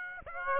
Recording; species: mosquito wingbeat signal from an infrared sensor; Aedes aegypti